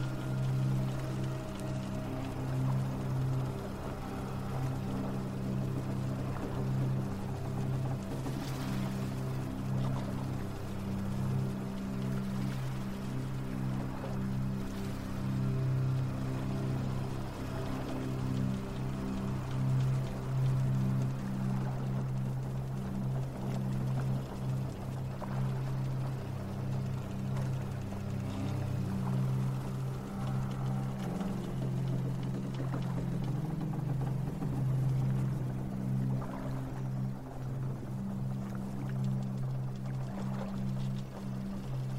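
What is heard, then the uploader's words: A ship drifts on a calm sea, carried by a steady, deep droning hum that holds at an even level for the whole stretch. Soft water sloshing runs underneath, with occasional brief creaks or knocks, notably near 8, 15 and 37 seconds. Viking ship floating on the calm ocean aimlessly. Water lapping.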